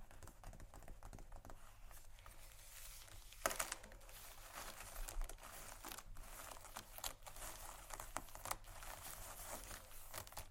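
Fingernails tap and scratch across a leather bag in a steady stream of quick, crisp clicks and rustling scrapes. The sound stays dense and bright throughout, with a louder sharp tap near three and a half seconds and a faint low hum underneath.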